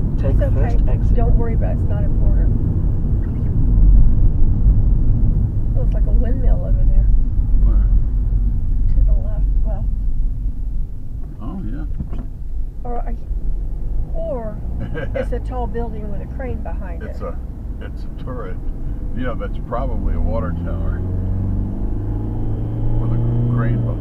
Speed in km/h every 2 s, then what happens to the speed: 64, 60, 55, 42, 19, 13, 13, 23, 29, 32, 42, 53.
0-10 brakes to 13. 12-22 speeds up to 53.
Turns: none.